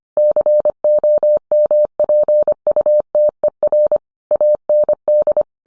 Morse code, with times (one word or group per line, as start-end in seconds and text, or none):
0.2-4.0 COMPUTER
4.3-5.4 AND